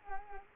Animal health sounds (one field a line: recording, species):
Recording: mosquito wingbeat signal from an infrared sensor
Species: Culex quinquefasciatus